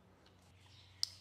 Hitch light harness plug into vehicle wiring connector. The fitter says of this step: and there you heard the click that's always a good thing and then you just simply push it in